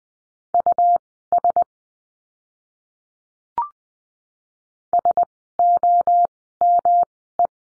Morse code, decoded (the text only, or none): US SOME